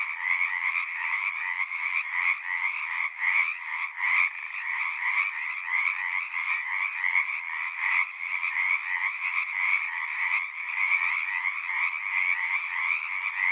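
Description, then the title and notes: Pacific tree frog chorus, dense raspy croaking that never stops, many callers overlapping in a steady rhythmic buzz. Large raucous community singing at the Frog Ponds of Magnusson Park, Seattle, Washington; recorded ORTF with a pair of Røde NT5 microphones on a Sound Devices 702. "Pacific Tree Frog. One local community here in Seattle is located in the Frog Ponds of Magnusson Park. Go there any spring or summer day near dusk or pre-dawn and you'll hear them singing their little hearts out"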